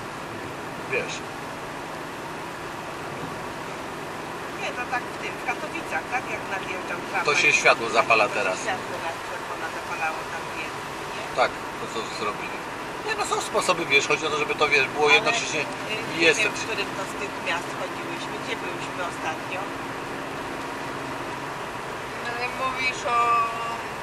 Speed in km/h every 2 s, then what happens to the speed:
79, 81, 84, 86, 86, 85, 86, 88, 89, 90, 91, 88.
0-6 speeds up to 86. 6-24 steady at about 88.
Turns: none.